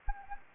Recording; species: mosquito wingbeat signal from an infrared sensor; Anopheles gambiae